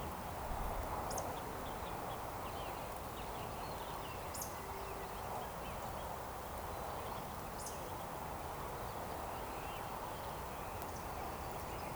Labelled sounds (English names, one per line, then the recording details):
Eurasian Woodcock
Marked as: woodcock, woodcock, woodcock, woodcock
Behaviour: display flight
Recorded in Baden-Württemberg, Germany, on 13 June 2020 at 19:29 UTC
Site 43791, 788 m above sea level